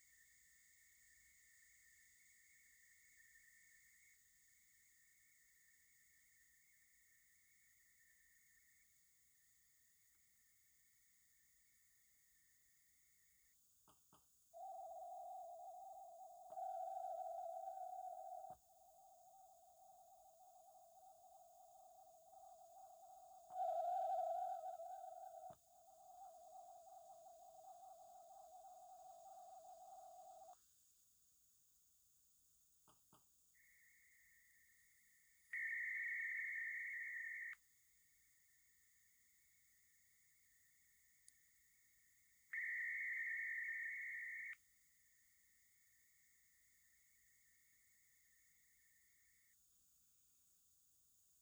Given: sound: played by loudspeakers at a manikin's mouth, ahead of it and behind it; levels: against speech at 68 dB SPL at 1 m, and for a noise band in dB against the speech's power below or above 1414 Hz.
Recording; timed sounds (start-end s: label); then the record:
test signals for a remote microphone
0.00-4.14 s: noise band at 2000 Hz, 0 dB
4.14-8.83 s: noise band at 2000 Hz, -5 dB
8.83-13.53 s: noise band at 2000 Hz, -10 dB
13.91 s: click
14.16 s: click
14.53-16.53 s: noise band at 707 Hz, -13 dB
16.53-18.53 s: noise band at 707 Hz, +22 dB
18.53-23.53 s: noise band at 707 Hz, -13 dB
23.53-25.53 s: noise band at 707 Hz, +22 dB
25.53-30.53 s: noise band at 707 Hz, -13 dB
32.91 s: click
33.16 s: click
33.53-35.53 s: noise band at 2000 Hz, -13 dB
35.53-37.53 s: noise band at 2000 Hz, +22 dB
37.53-42.53 s: noise band at 2000 Hz, -13 dB
42.53-44.53 s: noise band at 2000 Hz, +22 dB
44.53-49.53 s: noise band at 2000 Hz, -13 dB
From the record:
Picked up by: remote receiver E, fed by microphone B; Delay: 43 ms